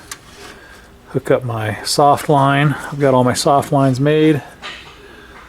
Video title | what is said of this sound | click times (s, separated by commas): Plymouth Barracuda project getting CLOSE! Fuel and Spark Solutions! | which slides on and locks in place. | 0.1 s